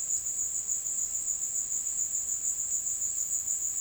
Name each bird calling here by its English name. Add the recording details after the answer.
none. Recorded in secondary vegetation near Puerto Asís, Putumayo, Colombia, on 19 February 2024 at 16:30. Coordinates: 0.468, -76.324. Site G6381